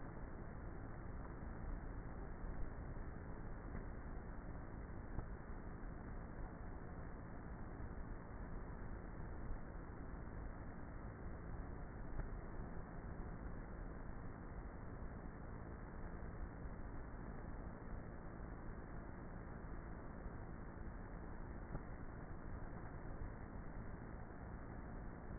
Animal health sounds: honeybee colony, microphone inside the hive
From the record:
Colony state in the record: queenless with a low population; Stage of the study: before two queens were removed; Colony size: about 30,000 bees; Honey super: no

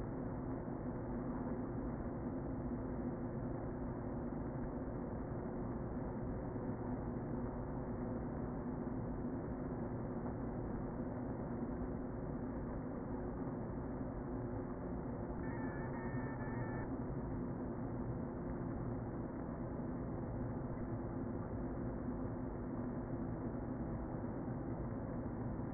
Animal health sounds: honeybee colony, microphone inside the hive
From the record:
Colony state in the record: queen present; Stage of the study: before two queens were removed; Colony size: about 60,000 bees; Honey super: yes

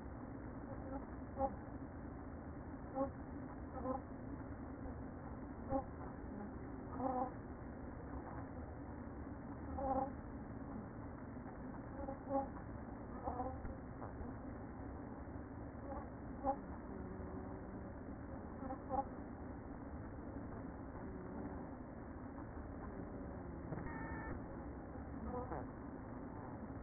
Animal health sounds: honeybee colony, microphone inside the hive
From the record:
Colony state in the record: queen present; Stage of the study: after two queens were removed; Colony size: about 60,000 bees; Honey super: yes

